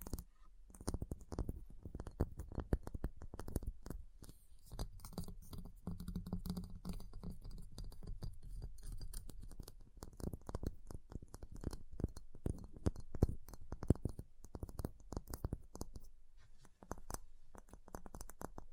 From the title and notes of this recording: ASMR Ice Tapping, Scratching, Carving Sounds (No Talking).